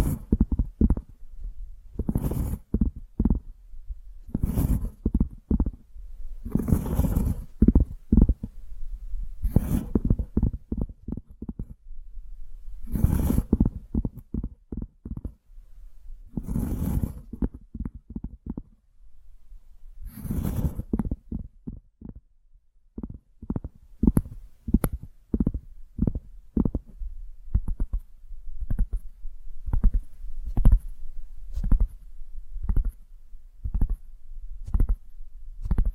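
Tapping runs through the whole clip as fast, dense strings of short knocks with a low, thumpy body. Every few seconds, near 2, 7, 13, 17 and 20 seconds, a brighter, scratchier burst cuts in, and the final stretch settles into sparser, lighter taps.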